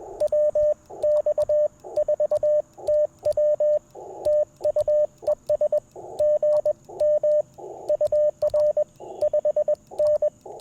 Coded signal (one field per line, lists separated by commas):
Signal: Morse code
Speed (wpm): 20 wpm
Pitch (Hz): 590 Hz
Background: radio noise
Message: WX4TW TU ES GM UR 5N